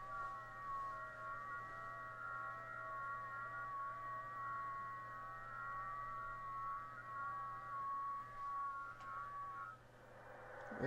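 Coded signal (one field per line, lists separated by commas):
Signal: FT8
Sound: several soft overlapping steady warbling tones, organ-like, over hum and hiss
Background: mains hum, radio hiss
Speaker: we'll wait and see if we get any decodes here on the radio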